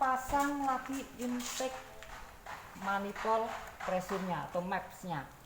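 A sensor wiring connector on the intake manifold of a Xenia is being handled to plug it back in after the engine has been switched off, while someone talks throughout. A brief sharp sound is heard at about 2.0 s, but the connector has not clicked into place or seated yet when the clip ends.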